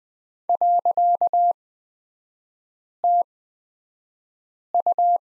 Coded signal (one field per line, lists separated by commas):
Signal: Morse code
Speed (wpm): 20 wpm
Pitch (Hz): 700 Hz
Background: none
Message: .TU